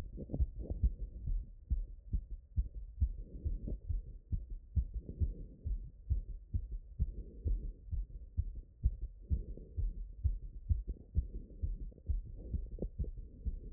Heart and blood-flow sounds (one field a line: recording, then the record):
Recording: heart sounds by stethoscope after running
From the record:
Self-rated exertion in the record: very light exertion (1 of 6)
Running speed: 6 mph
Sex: male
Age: 19 years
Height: 183 cm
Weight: 68 kg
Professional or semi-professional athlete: no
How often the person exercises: 1 to 2 times a week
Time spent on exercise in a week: 2 to 3 hours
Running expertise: yes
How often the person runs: under once a week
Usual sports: volleyball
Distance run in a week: 6 km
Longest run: 10 km